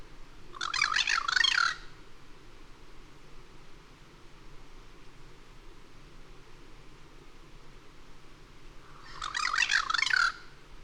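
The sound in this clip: Bird calling twice, each a loud, harsh, pulsed squawk about a second long, separated by roughly seven seconds of quiet hiss.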